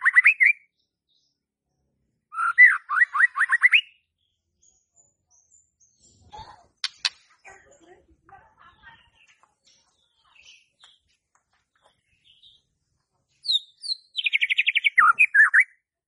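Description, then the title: White-rumped shama song, short bursts of quick whistled notes at the start and end, with a long quiet stretch of faint scattered chirps between. Lure (pancingan) to stimulate stressed, stalled (macet) white-rumped shamas. "PANCINGAN Murai Batu STRES & MACET"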